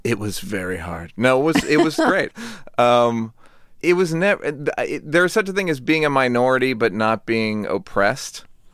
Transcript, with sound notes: It was very hard. No, it was great. (Laughter) It was - there is such a thing as being a minority but not being oppressed.